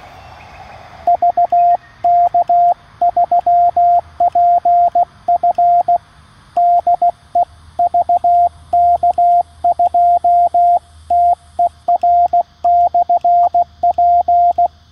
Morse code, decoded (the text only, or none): VK3PF DE VK2TER/P